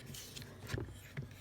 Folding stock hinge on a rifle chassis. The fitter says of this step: locks in place good it's no wobble I like that you know it's pretty nice there now